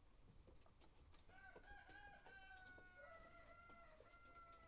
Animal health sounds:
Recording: poultry house recording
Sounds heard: healthy chickens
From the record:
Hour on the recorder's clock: 1

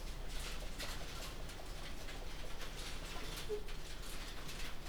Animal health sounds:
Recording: poultry house recording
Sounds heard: healthy chickens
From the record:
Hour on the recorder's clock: 18

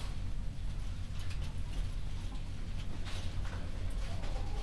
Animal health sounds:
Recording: poultry house recording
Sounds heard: healthy chickens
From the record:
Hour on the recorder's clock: 22

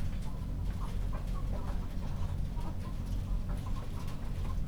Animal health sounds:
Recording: poultry house recording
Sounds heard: healthy chickens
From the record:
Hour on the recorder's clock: 21

